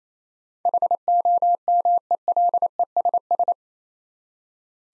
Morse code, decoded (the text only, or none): HOMELESS